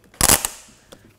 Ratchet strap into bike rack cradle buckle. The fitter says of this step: Now, you can lock your bike into place with these zip strips that simply click into place on each of the cradles.